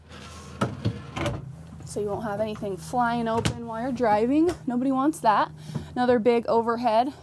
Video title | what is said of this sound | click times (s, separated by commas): Jayco Seneca 37TS - 5U221866 | And they do have that extra lock that you have to push in so it locks into place. | 0.6 s